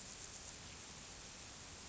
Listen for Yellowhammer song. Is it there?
no